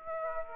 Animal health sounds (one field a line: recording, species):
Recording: mosquito wingbeat signal from an infrared sensor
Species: Aedes aegypti